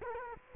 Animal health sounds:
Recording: mosquito wingbeat signal from an infrared sensor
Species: Culex quinquefasciatus

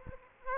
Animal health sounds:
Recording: mosquito wingbeat signal from an infrared sensor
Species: Aedes aegypti

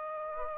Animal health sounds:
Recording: mosquito wingbeat signal from an infrared sensor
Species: Aedes aegypti

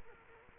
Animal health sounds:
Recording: mosquito wingbeat signal from an infrared sensor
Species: Culex quinquefasciatus

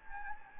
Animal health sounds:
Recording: mosquito wingbeat signal from an infrared sensor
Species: Anopheles gambiae

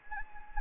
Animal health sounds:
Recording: mosquito wingbeat signal from an infrared sensor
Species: Anopheles gambiae

